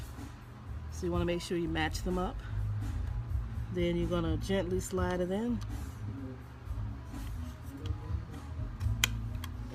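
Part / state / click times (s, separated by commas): data cable connector into SSD / seated / 9.0 s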